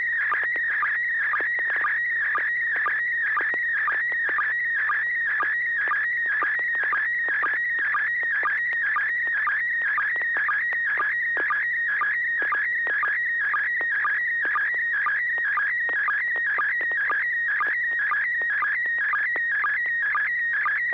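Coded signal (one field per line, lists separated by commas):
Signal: SSTV (slow-scan television)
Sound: warbling, chirping tone scanning mid pitches, with short low sync blips about twice a second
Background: low steady hum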